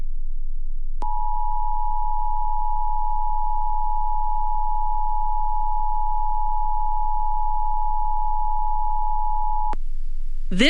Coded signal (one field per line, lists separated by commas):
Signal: Emergency Alert System (SAME) tones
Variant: 853 and 960 Hz attention tone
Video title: EAS #57-60: January 2023 Ohio Required Monthly Test on WNCI FM, WEGW FM, WTOV-TV, & WTRF-TV